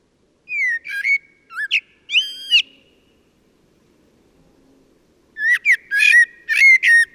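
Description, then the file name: Common blackbird giving clear whistled phrases with warbling notes, a few phrases early, then a pause and a fuller run of varied notes near the end. "Turdus merula"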